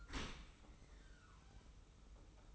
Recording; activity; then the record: daily activity, microphone in the room; open dishwasher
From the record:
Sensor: 1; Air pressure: 991.3 hPa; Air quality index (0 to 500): 123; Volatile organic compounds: 247 ppm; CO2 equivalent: 4354 ppm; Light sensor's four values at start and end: 40/126/50/51 and 40/126/50/51